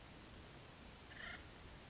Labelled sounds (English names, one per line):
Acorn Woodpecker